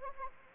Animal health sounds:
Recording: mosquito wingbeat signal from an infrared sensor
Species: Anopheles arabiensis

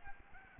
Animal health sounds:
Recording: mosquito wingbeat signal from an infrared sensor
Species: Aedes albopictus

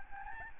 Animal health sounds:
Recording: mosquito wingbeat signal from an infrared sensor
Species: Aedes albopictus

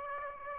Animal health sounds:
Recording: mosquito wingbeat signal from an infrared sensor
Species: Aedes aegypti

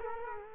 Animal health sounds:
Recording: mosquito wingbeat signal from an infrared sensor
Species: Culex quinquefasciatus

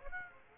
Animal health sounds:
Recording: mosquito wingbeat signal from an infrared sensor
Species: Aedes aegypti

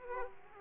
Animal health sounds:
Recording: mosquito wingbeat signal from an infrared sensor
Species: Aedes aegypti

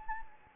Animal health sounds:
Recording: mosquito wingbeat signal from an infrared sensor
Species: Anopheles gambiae

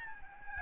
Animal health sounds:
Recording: mosquito wingbeat signal from an infrared sensor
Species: Aedes albopictus

